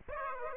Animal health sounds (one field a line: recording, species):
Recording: mosquito wingbeat signal from an infrared sensor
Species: Aedes aegypti